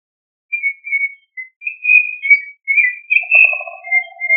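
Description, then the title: Thrush song: a string of clear whistled phrases, short slurred notes rising and falling, with a lower warbled whistle near the end. "Familia Turdidae - Sabia"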